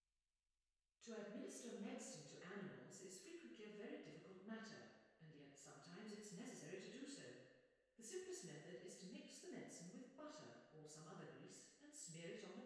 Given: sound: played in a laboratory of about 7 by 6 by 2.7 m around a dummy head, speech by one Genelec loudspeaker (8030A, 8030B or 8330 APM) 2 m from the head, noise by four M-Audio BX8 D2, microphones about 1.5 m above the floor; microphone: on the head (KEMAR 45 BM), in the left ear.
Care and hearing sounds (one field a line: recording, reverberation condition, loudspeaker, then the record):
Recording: female speech in English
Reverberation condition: high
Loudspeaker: 120 degrees to the right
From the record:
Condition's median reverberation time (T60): about 1300 ms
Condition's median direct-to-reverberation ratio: about -4.0 dB